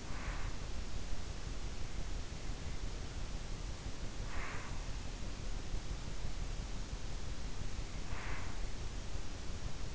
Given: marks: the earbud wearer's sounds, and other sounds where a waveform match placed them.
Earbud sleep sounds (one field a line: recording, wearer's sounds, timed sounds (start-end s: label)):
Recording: sounds in sleep by an in-ear microphone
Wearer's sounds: breath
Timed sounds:
0.00-0.65 s: breath
4.30-4.82 s: breath
8.02-8.57 s: breath